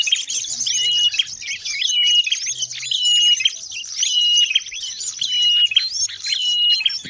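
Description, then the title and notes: Birds twittering in a crowded chorus, punctuated by short steady whistles repeated roughly every second, over a continuous layer of high chirps. Noisy birds, used as a master lure ('pikat') for catching birds. "Burung Ribut Pikat"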